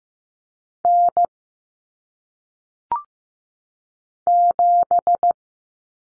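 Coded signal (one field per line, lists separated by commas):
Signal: Morse code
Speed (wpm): 15 wpm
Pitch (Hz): 700 Hz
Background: none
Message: N 7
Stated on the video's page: Lesson on common single-digit cut numbers at 15 wpm; T, A, N stand for 0, 1, 9; each sent, spoken, sent again.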